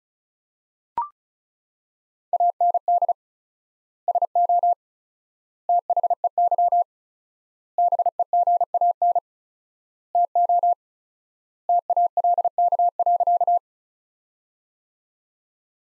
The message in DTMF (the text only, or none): none